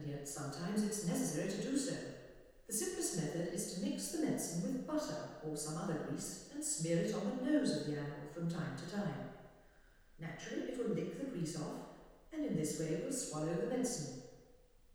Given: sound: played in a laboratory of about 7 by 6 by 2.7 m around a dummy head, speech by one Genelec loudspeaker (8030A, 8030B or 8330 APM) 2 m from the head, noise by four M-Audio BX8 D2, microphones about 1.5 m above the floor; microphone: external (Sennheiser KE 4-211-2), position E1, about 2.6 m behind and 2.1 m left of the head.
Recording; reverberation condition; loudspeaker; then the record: female speech in English; high; 30 degrees to the right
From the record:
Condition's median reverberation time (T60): about 1300 ms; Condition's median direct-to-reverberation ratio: about -4.0 dB